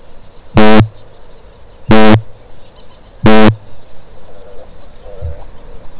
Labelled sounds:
Kākāpō (Strigops habroptilus) boom
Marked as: faintness 1/5, faintness 3/5
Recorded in New Zealand
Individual Stumpy

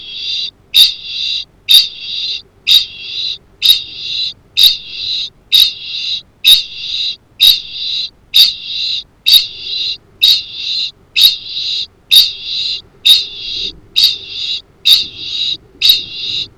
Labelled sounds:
Kākāpō (Strigops habroptilus) ching call
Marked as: faintness 1/5
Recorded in New Zealand
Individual Arab

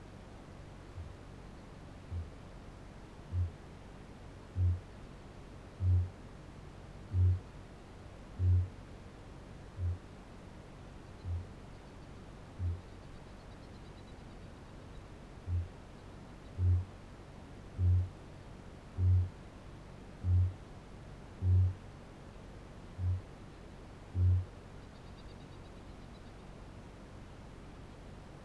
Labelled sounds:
Kākāpō (Strigops habroptilus) boom
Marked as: faintness 4/5, faintness 2/5, faintness 3/5
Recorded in New Zealand
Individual Barnard

